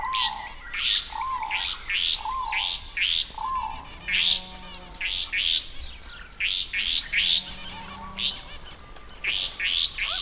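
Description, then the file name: Restless flycatcher sounding a long series of harsh, rising buzzy notes, mixed with lower clear arched whistles. "Myiagra Inquieta"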